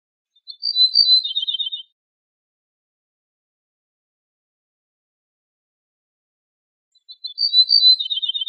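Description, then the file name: Ortolan bunting gives two matching phrases roughly six seconds apart, high notes dropping to a brisk run of lower clipped notes, with silence in between. "suara kicauan ortolan"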